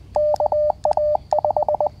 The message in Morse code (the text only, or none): KA5